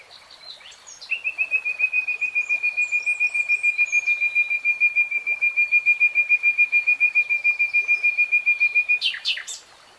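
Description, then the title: Nightingale song: a long, steady, fast-pulsed whistled trill held for about eight seconds on one pitch, ending in a few sharp notes. Nightingale singing in real time. "[Tiếng chim hót] Nightingale Singing"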